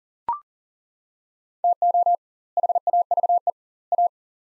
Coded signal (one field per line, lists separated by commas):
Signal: Morse code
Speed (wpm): 40 wpm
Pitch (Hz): 700 Hz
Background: none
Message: TO HAVE A